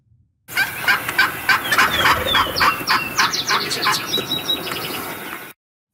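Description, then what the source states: Wild turkey yelping in a fast series of hoarse, repeated notes. Female wild turkey giving the yelp, the female's call; played on the radio.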